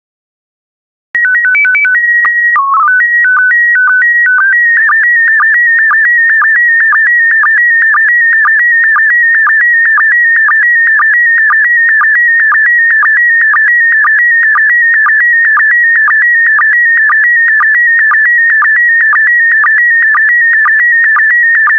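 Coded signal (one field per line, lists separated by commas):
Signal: SSTV (slow-scan television)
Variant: PD120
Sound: short beeping start header, then a steady whistling tone with regular clicks twice a second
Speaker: get ready starting transmission in 5 4 3 2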